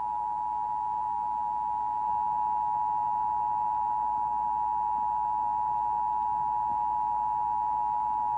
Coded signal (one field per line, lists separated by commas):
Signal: Emergency Alert System (SAME) tones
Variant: 853 and 960 Hz attention tone